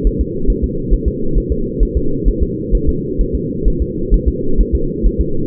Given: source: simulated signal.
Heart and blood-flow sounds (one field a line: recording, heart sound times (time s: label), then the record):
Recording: fetal heart sounds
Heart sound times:
0.07 s: S1
0.21 s: S2
0.50 s: S1
0.64 s: S2
0.94 s: S1
1.08 s: S2
1.38 s: S1
1.52 s: S2
1.83 s: S1
1.97 s: S2
2.28 s: S1
2.43 s: S2
2.75 s: S1
2.89 s: S2
3.21 s: S1
3.35 s: S2
3.68 s: S1
3.82 s: S2
4.14 s: S1
4.28 s: S2
4.61 s: S1
4.75 s: S2
5.06 s: S1
5.21 s: S2
From the record:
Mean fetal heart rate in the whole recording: 135 bpm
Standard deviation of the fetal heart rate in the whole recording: 3 bpm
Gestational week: 36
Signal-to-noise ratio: -8.1 dB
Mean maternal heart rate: 72 bpm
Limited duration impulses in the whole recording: absent